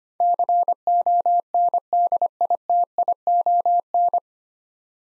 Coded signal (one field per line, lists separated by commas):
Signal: Morse code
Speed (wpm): 25 wpm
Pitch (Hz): 700 Hz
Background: none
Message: CONDITION